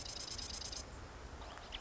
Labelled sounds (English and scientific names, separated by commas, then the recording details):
Marsh Wren (Cistothorus palustris)
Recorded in Sonoma County, California